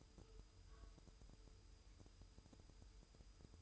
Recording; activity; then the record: daily activity, microphone in the room; take from stove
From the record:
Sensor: 2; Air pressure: 988.2 hPa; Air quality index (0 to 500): 190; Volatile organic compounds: 180 ppm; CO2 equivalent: 4142 ppm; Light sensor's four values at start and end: 21/71/28/27 and 21/71/28/27